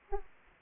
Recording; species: mosquito wingbeat signal from an infrared sensor; Aedes aegypti